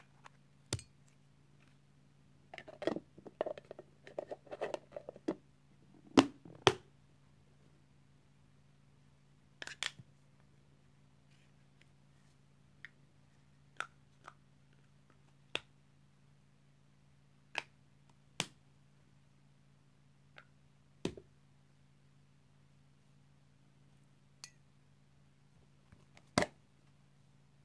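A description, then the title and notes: Sharp clicks and snaps of tops being opened and closed, scattered across the recording, with a cluster of rustling, crinkly handling sounds between about three and five seconds. A steady low hum runs underneath throughout, and the later clicks come singly every second or two. Opening and closing of various tops.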